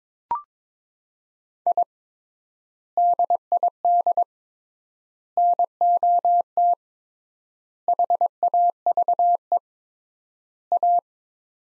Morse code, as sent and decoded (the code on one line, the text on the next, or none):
.. / -.. .. -.. / -. --- - / .... .- ...- . / .-
I DID NOT HAVE A